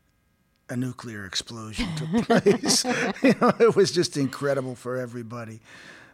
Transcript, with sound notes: a nuclear explosion took place.
(LAUGHTER)
You know, it was just incredible for everybody.